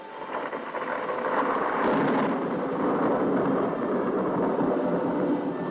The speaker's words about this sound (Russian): Поливаемый сильными струями дождя яблоневый сад.